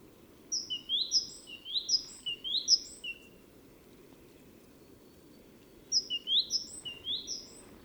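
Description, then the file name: Great tit singing bright paired notes, a high note then a lower upslurred one, repeated several times, a long pause, then the phrase starts again. "Parus major"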